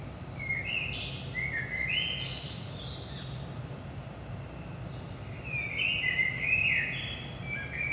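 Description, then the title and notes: Common blackbird song with repeated mellow whistled phrases, each dissolving into a scratchy high twitter, backed by a persistent low-pitched rumble. Saint-Gilles, Belgium; about 5 am, early morning; recorded with DPA 4060 microphones in AB placement into a Zoom F3. "Saint-Gilles, Belgique - 5am Blackbird. Blackbird in the morning. Merle au petit matin"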